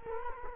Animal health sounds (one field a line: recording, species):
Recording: mosquito wingbeat signal from an infrared sensor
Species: Culex quinquefasciatus